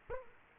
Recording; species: mosquito wingbeat signal from an infrared sensor; Aedes aegypti